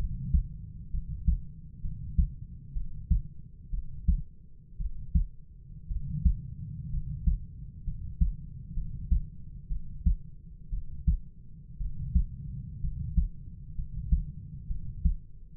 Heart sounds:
heart sounds by stethoscope; 61 bpm
0.91 s: heartbeat
1.82 s: heartbeat
2.73 s: heartbeat
3.71 s: heartbeat
4.78 s: heartbeat
5.88 s: heartbeat
6.91 s: heartbeat
7.84 s: heartbeat
8.74 s: heartbeat
9.69 s: heartbeat
10.70 s: heartbeat
11.78 s: heartbeat
12.81 s: heartbeat
13.76 s: heartbeat
14.68 s: heartbeat
From the record:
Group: healthy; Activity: rest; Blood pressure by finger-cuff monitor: 104/51 mmHg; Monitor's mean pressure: 65 mmHg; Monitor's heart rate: 62 bpm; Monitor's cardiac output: 5.6 L/min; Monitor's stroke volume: 93 mL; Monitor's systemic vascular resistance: 830 dyn s/cm5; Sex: male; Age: 25 years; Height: 170 cm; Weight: 70.4 kg

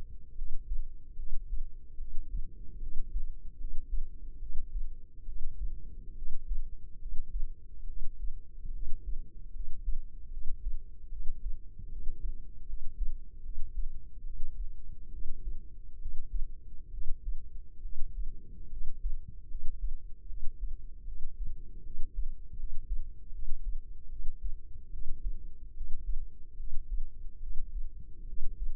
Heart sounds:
heart sounds by microphone in the left ear; 73 bpm
0.32 s: heartbeat
1.13 s: heartbeat
1.95 s: heartbeat
2.77 s: heartbeat
3.55 s: heartbeat
4.37 s: heartbeat
5.23 s: heartbeat
6.12 s: heartbeat
6.96 s: heartbeat
7.84 s: heartbeat
8.69 s: heartbeat
9.50 s: heartbeat
10.28 s: heartbeat
11.07 s: heartbeat
11.86 s: heartbeat
12.64 s: heartbeat
13.40 s: heartbeat
14.21 s: heartbeat
15.08 s: heartbeat
15.96 s: heartbeat
16.88 s: heartbeat
17.79 s: heartbeat
18.67 s: heartbeat
19.45 s: heartbeat
20.24 s: heartbeat
21.02 s: heartbeat
21.80 s: heartbeat
22.54 s: heartbeat
23.29 s: heartbeat
24.06 s: heartbeat
24.88 s: heartbeat
25.71 s: heartbeat
26.54 s: heartbeat
27.37 s: heartbeat
28.23 s: heartbeat
From the record:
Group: healthy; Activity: rest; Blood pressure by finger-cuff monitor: 118/69 mmHg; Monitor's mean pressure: 86 mmHg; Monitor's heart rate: 73 bpm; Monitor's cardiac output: 7 L/min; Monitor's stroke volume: 96 mL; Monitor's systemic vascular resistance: 890 dyn s/cm5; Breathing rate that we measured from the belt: 19 breaths a minute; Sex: female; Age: 23 years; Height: 160 cm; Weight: 50.4 kg

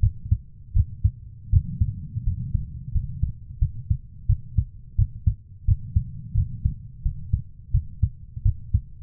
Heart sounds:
heart sounds by stethoscope; 85 bpm
0.00 s: heartbeat
0.73 s: heartbeat
1.50 s: heartbeat
2.24 s: heartbeat
2.92 s: heartbeat
3.59 s: heartbeat
4.27 s: heartbeat
4.96 s: heartbeat
5.65 s: heartbeat
6.35 s: heartbeat
7.03 s: heartbeat
7.71 s: heartbeat
8.43 s: heartbeat
From the record:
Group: healthy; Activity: rest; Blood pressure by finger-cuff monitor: 102/57 mmHg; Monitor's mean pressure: 75 mmHg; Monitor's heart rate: 87 bpm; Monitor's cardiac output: 8.2 L/min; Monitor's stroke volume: 94 mL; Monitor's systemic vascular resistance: 670 dyn s/cm5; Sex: female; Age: 24 years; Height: 163 cm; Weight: 55.7 kg

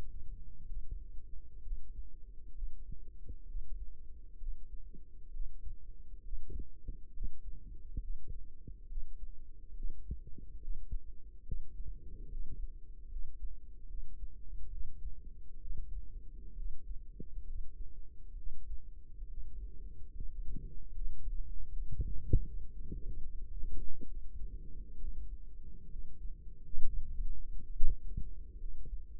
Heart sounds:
heart sounds by microphone in the right ear; 69 bpm
0.66 s: heartbeat
1.62 s: heartbeat
2.52 s: heartbeat
3.45 s: heartbeat
4.37 s: heartbeat
5.30 s: heartbeat
6.22 s: heartbeat
7.11 s: heartbeat
7.99 s: heartbeat
8.86 s: heartbeat
9.73 s: heartbeat
10.58 s: heartbeat
11.43 s: heartbeat
12.28 s: heartbeat
13.08 s: heartbeat
13.86 s: heartbeat
14.69 s: heartbeat
15.59 s: heartbeat
16.54 s: heartbeat
17.44 s: heartbeat
18.35 s: heartbeat
19.26 s: heartbeat
20.11 s: heartbeat
20.90 s: heartbeat
21.68 s: heartbeat
22.42 s: heartbeat
23.19 s: heartbeat
24.05 s: heartbeat
24.97 s: heartbeat
25.87 s: heartbeat
26.82 s: heartbeat
27.71 s: heartbeat
28.57 s: heartbeat
From the record:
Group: healthy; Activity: rest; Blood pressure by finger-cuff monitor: 111/67 mmHg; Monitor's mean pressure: 85 mmHg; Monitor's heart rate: 68 bpm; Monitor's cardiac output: 5.8 L/min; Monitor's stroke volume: 84 mL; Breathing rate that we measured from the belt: 7 breaths a minute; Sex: male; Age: 35 years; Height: 178 cm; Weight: 64 kg

